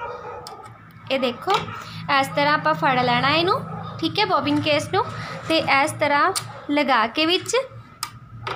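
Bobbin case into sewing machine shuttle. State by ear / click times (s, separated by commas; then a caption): seated / 8.0 s. A bobbin case is pushed into the shuttle of an umbrella sewing machine for a second time while someone talks. A sharp click at 8.0 s shows the bobbin case has seated in place, and a softer tap follows just after.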